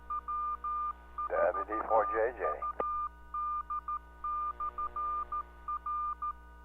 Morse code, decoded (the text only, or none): W4UD/R